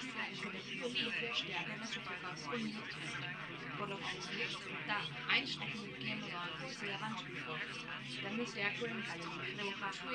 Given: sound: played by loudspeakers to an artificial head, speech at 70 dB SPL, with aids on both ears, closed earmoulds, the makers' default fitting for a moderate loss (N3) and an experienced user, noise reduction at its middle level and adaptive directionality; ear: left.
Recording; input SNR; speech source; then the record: speech test signal (ISTS) in cocktail-party noise; 0 dB; on the right (90 degrees)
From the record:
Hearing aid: class 2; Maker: F